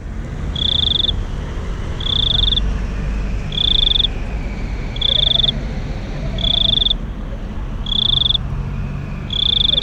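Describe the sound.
Cricket chirping: short pulsed high-pitched bursts repeated steadily about every one and a half seconds, over a constant low rumbling background.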